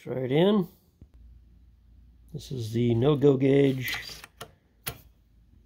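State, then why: Not seated. Someone talks while a no-go headspace gauge sits in the chamber of a re-barreled AK rifle, and the bolt is pushed closed against it, making a couple of short, sharp sounds around 4.4 and 4.9 seconds. The bolt does not rotate into lockup, so nothing has seated or clicked, which is the intended result and shows correct headspace.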